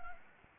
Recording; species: mosquito wingbeat signal from an infrared sensor; Anopheles gambiae